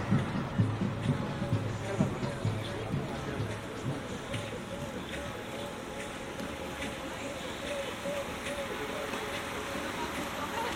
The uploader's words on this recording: San Diego. In public. At a distance. Walked through the outdoor restaurants/bars in the Gaslamp Quarter. The recordings are collaged slightly.